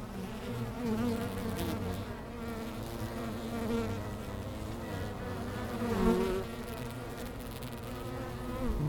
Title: Langel, Köln, Deutschland - Bienen Anfang Oktober. Bees at the beginning of October